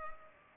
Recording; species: mosquito wingbeat signal from an infrared sensor; Culex pipiens